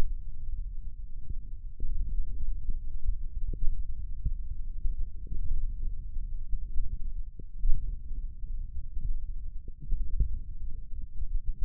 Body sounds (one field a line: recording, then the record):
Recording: forearm muscle sounds (acoustic myography)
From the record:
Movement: thumb flexion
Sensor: system 1, eight BSWA MPA416 microphones around the upper forearm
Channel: 5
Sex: male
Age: 28 years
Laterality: right